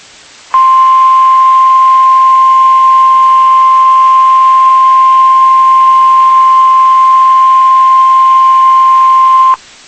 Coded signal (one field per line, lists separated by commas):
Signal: Emergency Alert System (SAME) tones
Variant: 1050 Hz attention tone